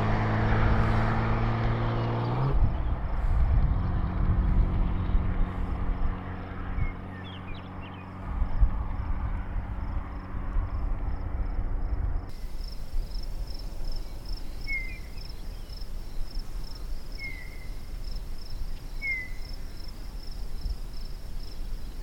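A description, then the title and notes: Low engine rumble dominates the opening seconds, with a steady droning vehicle noise that fades into a quieter open-air hiss by about twelve seconds. A constant high insect whine runs through the background, and short bright bird chirps sound around fifteen, seventeen and nineteen seconds. Noise pollution in an isolated sagebrush steppe at 700m., w/ Meadowlark Duo. JUST A LITTLE field recording I made yesterday. The density as a background soundscape is about what it is like if you're biking the Oregon outback on asphalt.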